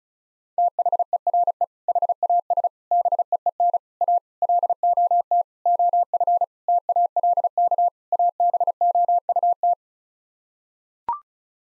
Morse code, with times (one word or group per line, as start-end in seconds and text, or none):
0.6-1.6 THERE
1.9-2.7 HAS
2.9-3.8 BEEN
4.0-4.2 A
4.4-5.4 LOT
5.7-6.4 OF
6.7-7.9 TALK
8.1-9.7 ABOUT